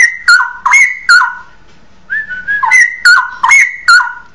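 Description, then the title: Oriental magpie-robin song: a repeated phrase of sharp-edged whistles stepping down in pitch, given three times, a brief pause, then repeated again in quick succession. "Kicau Kacer"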